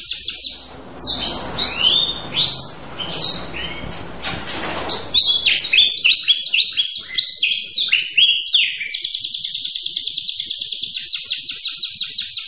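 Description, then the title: Canary song: varied whistled sweeps and chirps with some background noise early on, ending in a long, fast, even rolling trill that runs steadily to the end. Vigorous (gacor) Manasaja canary song with a persistent long rolling trill (roll panjang), meant to make another canary answer at once (langsung nyaut). "LANGSUNG NYAUT GACOR DOR Kenari Manasaja, Dengan Kicau Kenari GACOR NGOTOT ROLL PANJANG"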